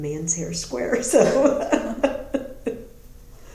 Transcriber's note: laughter